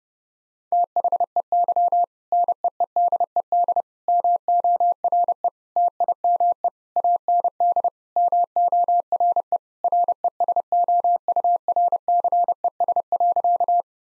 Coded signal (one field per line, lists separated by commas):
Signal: Morse code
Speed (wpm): 30 wpm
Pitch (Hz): 700 Hz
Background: none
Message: THEY NEEDED MORE TIME AND MORE RESOURCES.